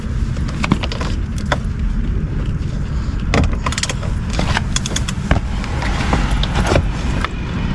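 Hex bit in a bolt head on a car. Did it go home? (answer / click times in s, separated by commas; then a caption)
no / none. An H10 hex bit on a ratchet loosens a steel bolt on a 2014 Dodge Charger RT Max AWD, and uneven pressure rounds out the edges of the bolt head until it strips. Sharp metallic ticks and clinks of the tool rise over a steady low rumble. Nothing has seated or clicked yet.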